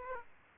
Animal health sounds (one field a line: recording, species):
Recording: mosquito wingbeat signal from an infrared sensor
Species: Aedes aegypti